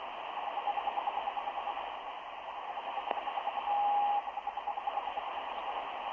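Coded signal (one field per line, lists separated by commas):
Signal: radio time signal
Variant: RWM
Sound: fast steady beeps, about ten per second, with one half-second tone, over hiss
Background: radio static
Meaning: Pulses mark tenths of a second, with a longer marker tone among them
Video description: Sonidos: CW, Beeps. ( 10 Pulsos por Segundo ).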